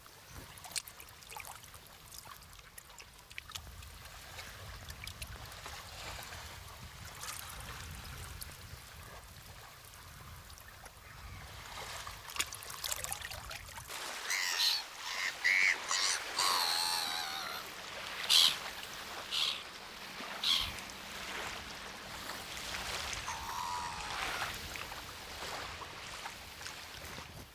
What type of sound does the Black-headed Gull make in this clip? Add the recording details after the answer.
call. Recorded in the wild. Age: adult. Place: Stubbenfelde, Insel Usedom, Mecklenburg-Vorpommern, DE. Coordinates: 54.0286, 14.0319. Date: 1983-09-27 10:07. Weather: slightly sunny, hazy, mist, 13°C. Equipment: Nagra SN, Sennheiser MKH 416 T, Kopie Uher 4000 Report Monitor. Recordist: Tembrock, Günter. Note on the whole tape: Diverse Laute - auf den Buhnen (um 10.07, 10.09 und 10.22 Uhr)